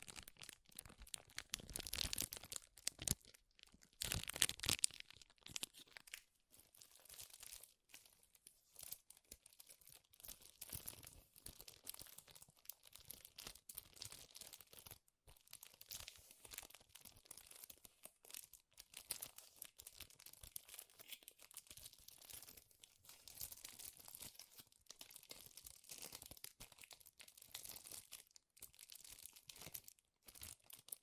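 Dense, crackling crinkles of material being crushed and handled, running continuously for the whole stretch. Sharp, bright snaps pile up quickly and irregularly, with a louder, busier burst in the first five seconds before settling into a steady, jittery crackle.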